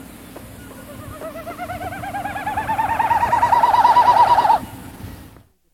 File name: Wilsons Snipe